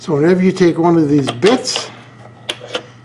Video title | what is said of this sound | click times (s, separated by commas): Fanttik Folding "S1 APEX" 3.7V Cordless Screwdriver-Pivot Handle, High/Low RPM, Torque Selections | it's going to lock in place right there magnetically and mechanically so it stays put. | 2.5 s